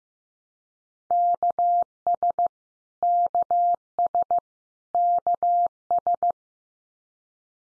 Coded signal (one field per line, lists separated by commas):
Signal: Morse code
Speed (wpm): 15 wpm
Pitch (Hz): 700 Hz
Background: none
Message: KS KS KS